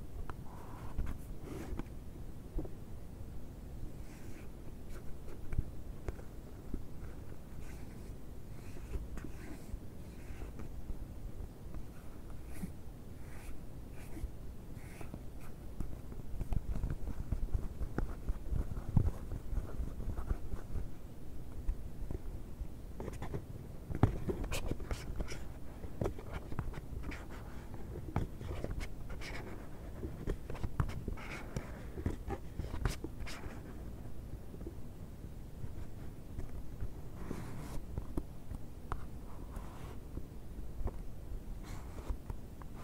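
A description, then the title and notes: Box opening and scratching at a box: a continuous run of dry scraping and rubbing, with frequent short cracks and clicks scattered throughout. A low rumble stays underneath the whole time. The handling grows busier and a little louder from about 15 to 25 seconds. ASMR BOX OPENING, BOX SCRATCHING NO TALKING.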